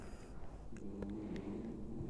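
A dog snoring loudly, with low, rumbling breaths.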